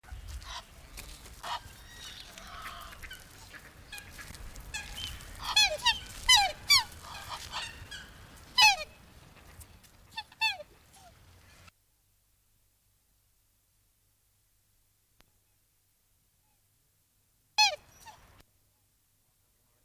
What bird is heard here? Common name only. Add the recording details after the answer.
Black Swan. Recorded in captivity. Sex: pair. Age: adult. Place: Zoo Berlin, Berlin, DE. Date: 2003-01-17 14:26. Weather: fair, 5°C. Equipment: Nagra SN, Kopie Uher 4000 Report Monitor. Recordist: Tembrock, Günter